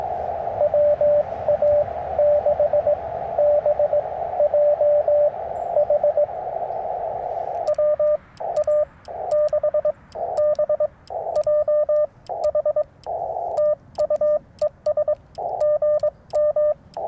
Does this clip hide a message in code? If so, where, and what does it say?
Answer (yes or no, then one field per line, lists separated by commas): yes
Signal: Morse code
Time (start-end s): 0.6-16.7 s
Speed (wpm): 20 wpm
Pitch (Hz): 600 Hz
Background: radio noise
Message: WA6BJH WA6BJH TU ES GM